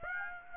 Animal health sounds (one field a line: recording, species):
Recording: mosquito wingbeat signal from an infrared sensor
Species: Aedes aegypti